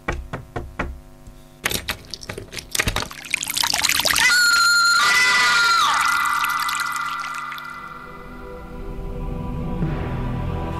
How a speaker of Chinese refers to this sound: 1987年4月的这个黄昏时分，高雄市九如路一品饭店传出这下的尖叫声，由12楼传遍整座的饭店，非常之凄厉。